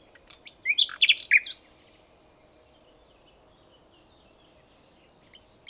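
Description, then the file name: Common nightingale song phrase: a brief burst of rich, varied whistles and sharp chirps lasting about a second, then quiet background. "Luscinia megarhynchos"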